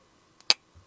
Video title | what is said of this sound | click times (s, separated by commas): All Of These New QSP Knives Are Good | you can really hear that thing snap closed. | 0.5 s